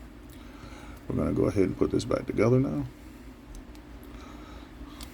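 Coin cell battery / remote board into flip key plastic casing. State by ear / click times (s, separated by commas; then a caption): not seated / none. A coin cell battery and remote board are being handled for reassembly into the plastic casing of a 2016 Acura/Honda 4-button flip key remote after a battery change. Someone talks, and a few faint ticks of handling are heard afterward. Nothing has seated or clicked yet.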